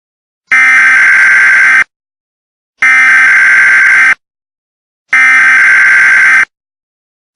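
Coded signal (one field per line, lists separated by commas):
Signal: Emergency Alert System (SAME) tones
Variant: header bursts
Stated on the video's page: Fictional EAS scenario of a terrorist attack on the United States.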